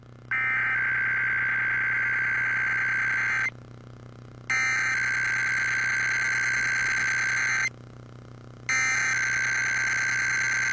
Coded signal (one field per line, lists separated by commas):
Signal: Emergency Alert System (SAME) tones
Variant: header bursts